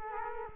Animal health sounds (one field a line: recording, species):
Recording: mosquito wingbeat signal from an infrared sensor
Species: Culex quinquefasciatus